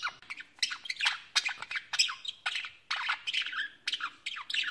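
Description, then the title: Budgerigar calls: harsh, scratchy squawks and chirps in quick irregular bursts, overlapping one another almost continuously. "Budgie Sounds"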